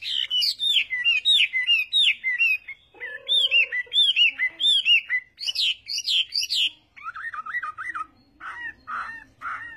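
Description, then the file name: Chinese hwamei song of varied whistled phrases, repeated in short sets, with some lower notes mixed in and a fast trilled run near the end. "Tieng hoa mi hot"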